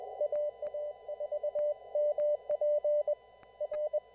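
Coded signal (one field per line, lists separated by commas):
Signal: Morse code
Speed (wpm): 20 wpm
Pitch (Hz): 590 Hz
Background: none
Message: AA4MP R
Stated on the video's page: Typical formal CW traffic net with net control opening, check-ins and releases; no radiograms sent.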